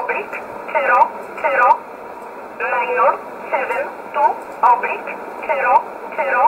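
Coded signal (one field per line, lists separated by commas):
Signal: numbers station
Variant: E11 Oblique, English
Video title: 13 11 2019 E11 Oblique Numbers station in English 1626 on 5082 unknown tx site in USB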